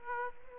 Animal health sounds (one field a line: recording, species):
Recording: mosquito wingbeat signal from an infrared sensor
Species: Aedes aegypti